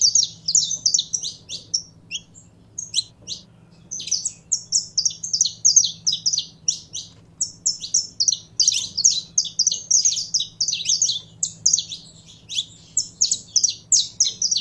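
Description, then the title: Canary singing almost without a break: fast, high, twittering phrases and trills with brief gaps, a faint low hum underneath. Pure Belgian canary breed. "Canto Do Canário Belga Puro"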